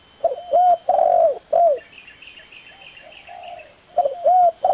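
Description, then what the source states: Spotted Dove giving a short phrase of coos, a pause with faint chirps from another bird, then the cooing resumes. Lure calls used to attract the birds.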